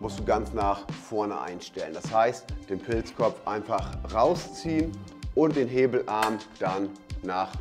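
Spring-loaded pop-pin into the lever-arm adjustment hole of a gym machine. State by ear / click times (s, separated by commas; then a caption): not seated / none. Someone talks over background music while the spring-loaded mushroom-head pop-pin on a reverse butterfly gym machine is pulled out so the lever arm can be swung fully forward. The pin has not yet snapped into the lever-arm adjustment hole, so nothing has seated or clicked yet.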